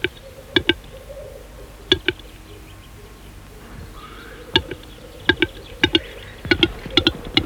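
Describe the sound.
Western capercaillie song: hard double clicks come in short bursts, with a quiet gap in the middle and faster clicking toward the end.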